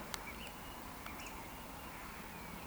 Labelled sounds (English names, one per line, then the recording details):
Eurasian Woodcock whistle
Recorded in Baden-Württemberg, Germany, on 14 June 2020 at 19:36 UTC
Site 14569, 102 m above sea level